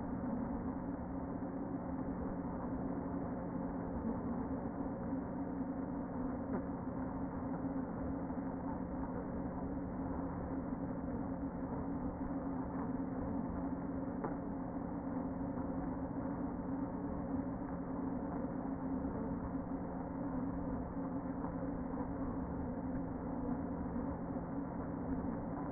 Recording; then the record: honeybee colony, microphone inside the hive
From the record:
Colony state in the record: queen present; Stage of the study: before two queens were removed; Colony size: about 60,000 bees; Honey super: yes